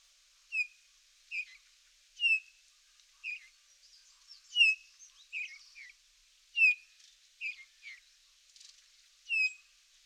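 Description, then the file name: Eurasian bullfinch giving soft, short piping whistles at irregular intervals, with some thinner notes in between. "Pyrrhula pyrrhula"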